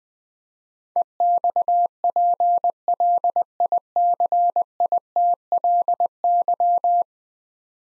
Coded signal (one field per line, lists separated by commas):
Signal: Morse code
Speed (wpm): 20 wpm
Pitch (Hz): 700 Hz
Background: none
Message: EXPLICITLY